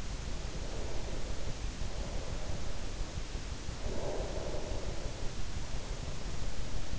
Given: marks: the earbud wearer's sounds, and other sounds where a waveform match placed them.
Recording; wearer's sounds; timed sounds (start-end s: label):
sounds in sleep by an in-ear microphone; breath
0.28-3.36 s: breath
3.66-6.99 s: breath